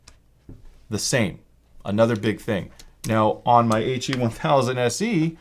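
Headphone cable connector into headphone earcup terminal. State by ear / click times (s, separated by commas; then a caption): seated / 0.1 s. A detachable headphone cable plug is pushed into the earcup terminal and seats with a solid click at 0.1 s, the terminal holding it with firm friction. Someone talks throughout, comparing it with a looser terminal on another model.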